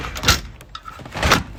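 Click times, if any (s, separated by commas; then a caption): none. A load bed cover is slid over the pickup load bed of a Ford Ranger 3.2 TDCi 200 WildTrak with a full Raptor kit and 25k full history. Broadband rushing, scraping bursts peak around 0.3 s and again near 1.3 s, with quieter rattles in between. The cover has not locked into place yet, and nothing has seated or clicked.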